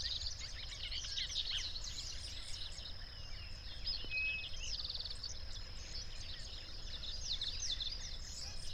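Birds twittering in a continuous crowded chorus of quick high chirps, with a steady high hum and heavy low background rumble.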